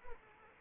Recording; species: mosquito wingbeat signal from an infrared sensor; Anopheles arabiensis